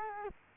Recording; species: mosquito wingbeat signal from an infrared sensor; Culex quinquefasciatus